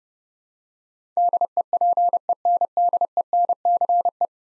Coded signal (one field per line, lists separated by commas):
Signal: Morse code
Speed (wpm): 29 wpm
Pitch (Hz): 700 Hz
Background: none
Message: DEPENDENCE